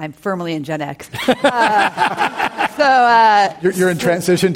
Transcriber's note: laughter